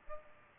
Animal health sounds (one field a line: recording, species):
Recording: mosquito wingbeat signal from an infrared sensor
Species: Culex pipiens